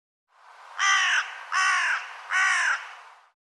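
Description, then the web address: Bird calls: three harsh, rasping caws, each about half a second long and evenly spaced. "cianscape birddata Deverinetal 2025"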